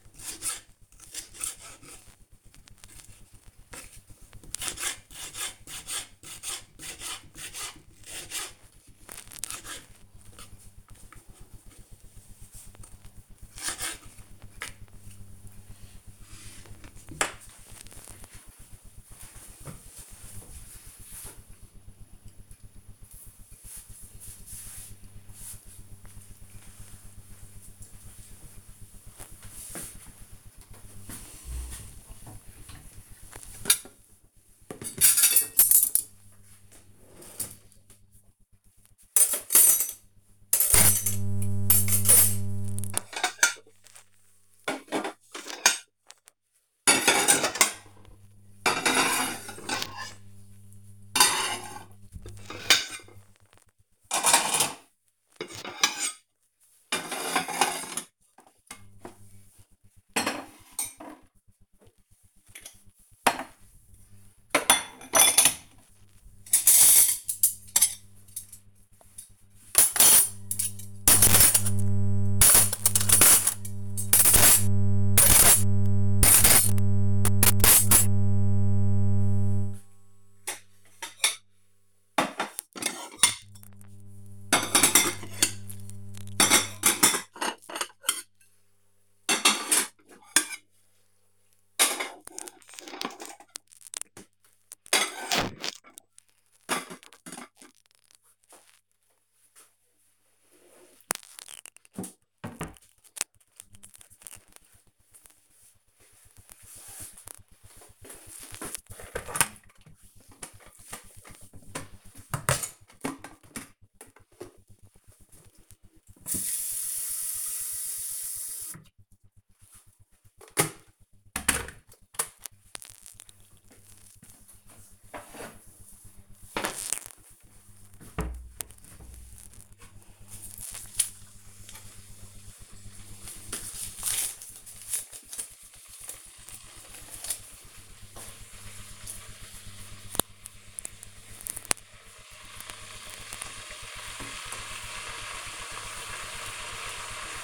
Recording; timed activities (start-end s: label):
household activities, microphone on the right wrist
0.00-16.36 s: cutting vegetables
30.50-98.02 s: putting away the dishes
107.09-147.44 s: making tea